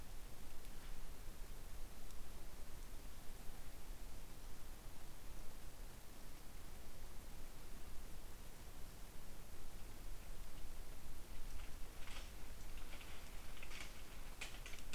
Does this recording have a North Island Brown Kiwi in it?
no